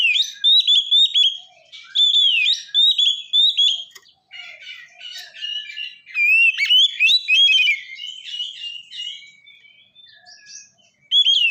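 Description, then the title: Oriental magpie-robin song: repeated bright whistled phrases and scratchy chatter, continuing for over ten seconds with short breaks. "kacer"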